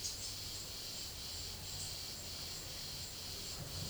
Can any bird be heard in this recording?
no